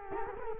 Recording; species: mosquito wingbeat signal from an infrared sensor; Culex quinquefasciatus